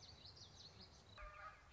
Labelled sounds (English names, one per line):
Common Yellowthroat